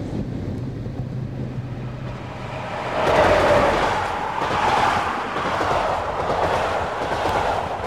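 Train station ambience: a low, steady hum and rumble, then a louder rolling train noise takes over with rhythmic clattering swells and hiss, with no voices.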